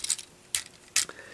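The second plastic leg section of an action figure is brought up and pushed into its hip joint, giving sharp clicks at about 0.6 s and 1.0 s after some faint rattling at the start. The leg clicks into place and is seated, completing the figure's combine-mode hips.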